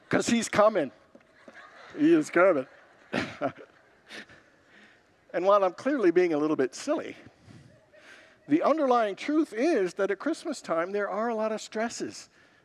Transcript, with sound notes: Because he’s coming! He is coming. [Laughs] And while I’m clearly being a little bit silly, the underlying truth is that, at Christmas time, there are a lot of stresses.